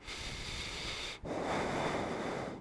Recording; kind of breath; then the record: one breath in and out by a microphone near the nose and mouth; deep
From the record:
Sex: male